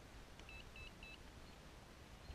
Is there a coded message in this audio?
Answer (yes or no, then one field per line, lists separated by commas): no